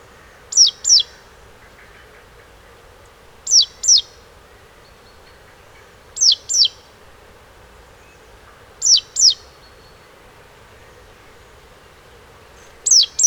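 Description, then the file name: Great tit calling: paired high, sharply descending notes repeated several times over a steady low background hum. "Parus major"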